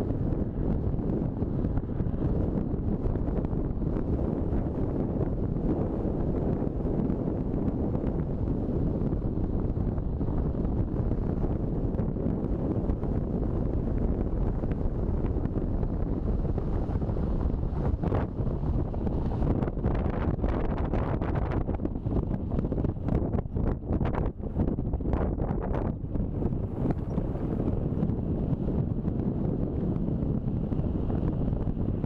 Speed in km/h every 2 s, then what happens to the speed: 45, 45, 43, 41, 39, 37, 36, 33, 33, 31, 29, 28, 27, 29, 29, 30.
0-21 slows to 28. 21-32 steady at about 29.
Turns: none.